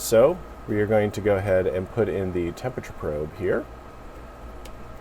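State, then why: Seated. Someone talks as a temperature probe's connector, which has a plastic locking tab, is pushed into its labeled port on the bottom of a Growee Pro controller. A short click at 4.7 s marks the connector snapping into place, seated.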